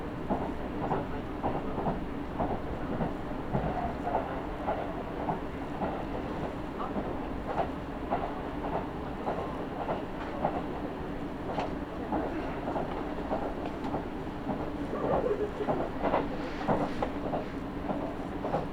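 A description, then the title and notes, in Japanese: A local train on the Iida Line runs from Toyohashi toward Toyokawa, its low, steady rumble filling the whole recording. Rail-joint clicks tap out a regular rhythm throughout, growing busier and a bit louder around fifteen to seventeen seconds. 飯田線 各駅停車 豊橋→豊川。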